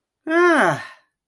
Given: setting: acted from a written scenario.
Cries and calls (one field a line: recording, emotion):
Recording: vocal sound without words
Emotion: elation